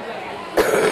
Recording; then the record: coughing mixed with background sound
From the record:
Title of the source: 31 night wet cough